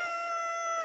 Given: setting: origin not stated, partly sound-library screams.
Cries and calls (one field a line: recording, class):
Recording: one-second piece from a danger detection set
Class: woman in danger